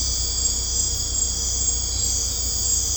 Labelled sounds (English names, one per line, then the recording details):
none
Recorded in secondary vegetation near Puerto Asís, Putumayo, Colombia, on 16 December 2024 at 21:30
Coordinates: 0.502, -76.326
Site G028